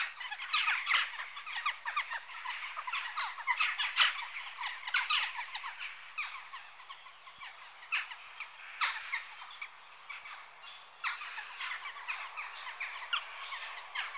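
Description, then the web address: Many jackdaws calling together with brief, harsh, squeaky notes in dense clusters, the chorus thinning and swelling again throughout. Adult birds. "The BBC Sound Effects Library - Complete 60 CDs Collection. Jackdaw (Corvus Monedula) Adults"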